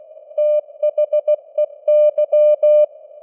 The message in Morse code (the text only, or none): THEY